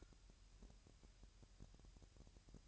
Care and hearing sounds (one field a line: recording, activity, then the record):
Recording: daily activity, microphone in the room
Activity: take from stove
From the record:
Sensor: 2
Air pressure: 1001.8 hPa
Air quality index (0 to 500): 238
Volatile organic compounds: 30 ppm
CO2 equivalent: 2959 ppm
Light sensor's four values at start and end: 4/10/4/4 and 4/10/4/4